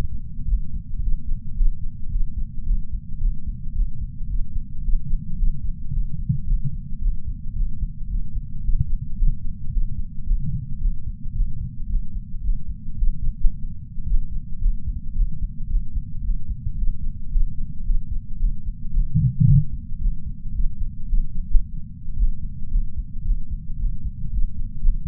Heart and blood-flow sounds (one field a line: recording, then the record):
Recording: heart sounds by patch sensor on the chest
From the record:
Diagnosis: coronary artery disease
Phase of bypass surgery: postoperative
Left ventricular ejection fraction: 58.9%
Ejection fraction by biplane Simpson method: 44.4%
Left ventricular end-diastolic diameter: 54 mm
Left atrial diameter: 37 mm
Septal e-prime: 4.3 cm/s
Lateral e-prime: 5.9 cm/s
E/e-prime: 16.9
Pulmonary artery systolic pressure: 25 mmHg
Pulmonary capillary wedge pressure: 7 mmHg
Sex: male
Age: 66 years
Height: 165 cm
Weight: 65 kg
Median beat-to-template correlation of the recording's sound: 0.77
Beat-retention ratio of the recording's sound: 0.99